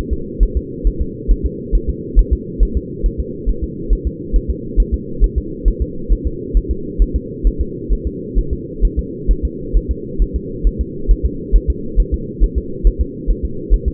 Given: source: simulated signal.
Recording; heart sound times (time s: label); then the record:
fetal heart sounds
0.13 s: S2
0.43 s: S1
0.57 s: S2
0.87 s: S1
1.01 s: S2
1.31 s: S1
1.45 s: S2
1.75 s: S1
1.89 s: S2
2.19 s: S1
2.33 s: S2
2.63 s: S1
2.77 s: S2
3.06 s: S1
3.20 s: S2
3.49 s: S1
3.64 s: S2
3.93 s: S1
4.07 s: S2
4.36 s: S1
4.50 s: S2
4.80 s: S1
4.94 s: S2
5.24 s: S1
5.38 s: S2
5.68 s: S1
5.82 s: S2
6.12 s: S1
6.27 s: S2
6.57 s: S1
6.71 s: S2
7.02 s: S1
7.16 s: S2
7.47 s: S1
7.61 s: S2
7.93 s: S1
8.07 s: S2
8.39 s: S1
8.53 s: S2
8.85 s: S1
8.99 s: S2
9.31 s: S1
9.45 s: S2
9.76 s: S1
9.91 s: S2
10.22 s: S1
10.36 s: S2
10.67 s: S1
10.81 s: S2
11.11 s: S1
11.25 s: S2
11.56 s: S1
11.70 s: S2
12.00 s: S1
12.14 s: S2
12.43 s: S1
12.58 s: S2
12.87 s: S1
13.01 s: S2
13.30 s: S1
13.45 s: S2
13.74 s: S1
13.88 s: S2
From the record:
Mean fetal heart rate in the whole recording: 135 bpm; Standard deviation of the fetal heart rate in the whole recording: 3 bpm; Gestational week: 36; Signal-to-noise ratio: -4.3 dB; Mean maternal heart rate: 72 bpm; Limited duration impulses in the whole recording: present